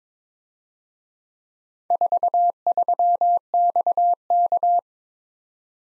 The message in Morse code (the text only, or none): 43XK